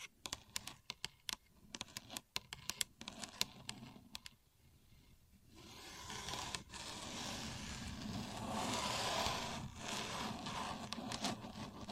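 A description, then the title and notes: A contour gauge being worked: for the first five seconds, a run of sharp clicks and taps comes at an uneven, quick pace. After a short lull, a dense, steady rasping scrape takes over and holds to the end, growing slightly brighter, broken by a few isolated clicks. Using A Contour Gauge (No Talking).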